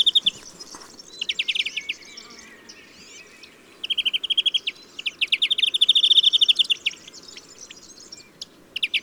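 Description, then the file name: European greenfinch producing scattered twitters and short trills, then a longer run of fast trilled notes, with quieter stretches between. "Chloris chloris"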